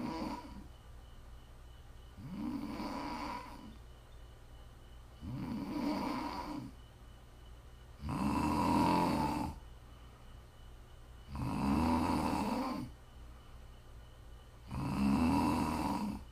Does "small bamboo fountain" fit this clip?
no